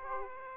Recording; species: mosquito wingbeat signal from an infrared sensor; Aedes aegypti